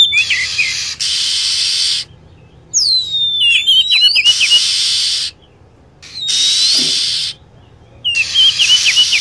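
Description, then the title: Lovebird chirping, high shrill notes bending downward in short bursts and stuttering series, interrupted by repeated stretches of loud hiss. Lure sound used to attract lovebirds. "PIKAT BURUNG LOVEBIRD"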